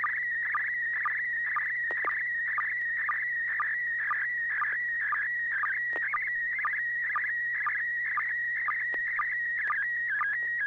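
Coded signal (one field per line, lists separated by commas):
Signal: SSTV (slow-scan television)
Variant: PD120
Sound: warbling tone around 2 kHz with a short lower chirp about twice a second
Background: low hum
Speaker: Okay, well, this is going to be PD 120 and 6PGQ.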